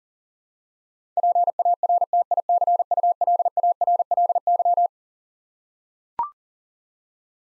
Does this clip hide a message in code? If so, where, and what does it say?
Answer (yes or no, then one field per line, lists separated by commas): yes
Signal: Morse code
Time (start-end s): 1.2-4.9 s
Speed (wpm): 37 wpm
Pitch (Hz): 700 Hz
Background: none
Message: PARTICULARLY